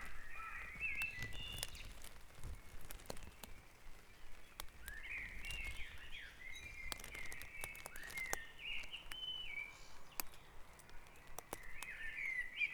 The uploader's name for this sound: Dawn Chorus // Back Dragon Avenue, Harrogate